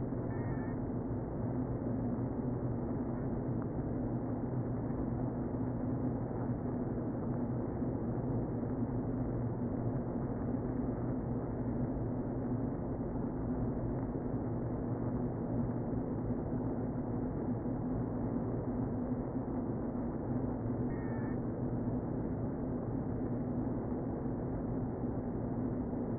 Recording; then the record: honeybee colony, microphone inside the hive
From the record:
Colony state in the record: queen present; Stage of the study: before two queens were removed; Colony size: about 60,000 bees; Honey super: yes